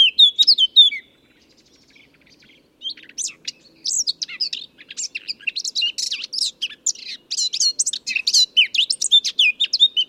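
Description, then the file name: Eurasian blackcap singing: a brief opening phrase, short quiet gap, then sustained rapid warbling with varied chattering and fluty notes until the end. "Sylvia atricapilla"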